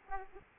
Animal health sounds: mosquito wingbeat signal from an infrared sensor; Aedes aegypti

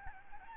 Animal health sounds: mosquito wingbeat signal from an infrared sensor; Aedes albopictus

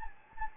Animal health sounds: mosquito wingbeat signal from an infrared sensor; Anopheles gambiae

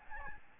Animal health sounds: mosquito wingbeat signal from an infrared sensor; Aedes albopictus

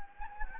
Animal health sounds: mosquito wingbeat signal from an infrared sensor; Anopheles gambiae

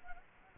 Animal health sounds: mosquito wingbeat signal from an infrared sensor; Anopheles gambiae

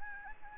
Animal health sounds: mosquito wingbeat signal from an infrared sensor; Anopheles gambiae

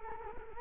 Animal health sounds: mosquito wingbeat signal from an infrared sensor; Culex quinquefasciatus

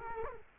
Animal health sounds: mosquito wingbeat signal from an infrared sensor; Culex quinquefasciatus

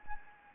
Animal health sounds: mosquito wingbeat signal from an infrared sensor; Anopheles gambiae

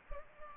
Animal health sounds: mosquito wingbeat signal from an infrared sensor; Culex pipiens

